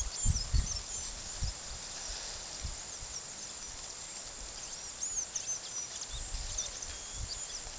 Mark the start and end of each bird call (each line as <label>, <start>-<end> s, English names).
White-lored Euphonia, 0.00-1.23 s
White-lored Euphonia, 2.86-7.63 s